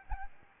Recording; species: mosquito wingbeat signal from an infrared sensor; Aedes albopictus